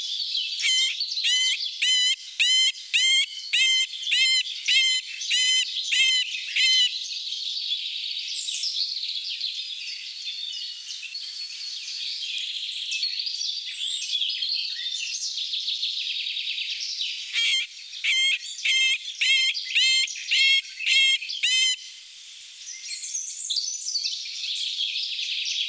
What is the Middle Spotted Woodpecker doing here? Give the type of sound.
song